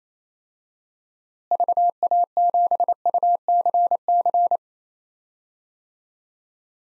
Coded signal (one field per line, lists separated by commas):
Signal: Morse code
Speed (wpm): 28 wpm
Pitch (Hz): 700 Hz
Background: none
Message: VA7UCC